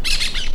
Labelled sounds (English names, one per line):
Brown-throated Parakeet contact call